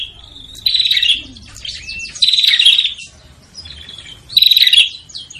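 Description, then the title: Prinia calls: three loud buzzy, crackling bursts with thin chirps between them. Noisy prinia calls used to lure prinias, including Prenjak Kepala Merah (red-headed) and Prenjak Tamu. "Suara Prenjak Ribut Buat Pikat Burung Prenjak Kepala Merah Prenjak Tamu"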